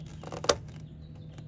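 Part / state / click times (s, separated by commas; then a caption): PCV hose quick-connect onto PCV valve / seated / 0.5 s. A PCV hose quick-connect fitting is pushed back onto a new PCV valve on the engine of a 2013 Raptor 6.2. After a few faint ticks around 0.4 s, the fitting snaps home with a sharp, bright click at 0.5 s. The hose is seated on the valve.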